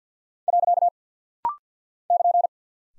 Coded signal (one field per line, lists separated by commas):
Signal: Morse code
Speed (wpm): 50 wpm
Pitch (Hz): 700 Hz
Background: none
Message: . <KN>